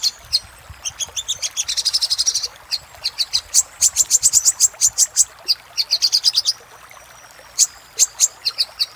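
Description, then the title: Little spiderhunter notes: a fast high trill early, then spaced sharp single notes and short runs, growing sparser toward the end. Singing used as a master (masteran) for training cage birds. "Masteran Burung Sogok Ontong Labaik"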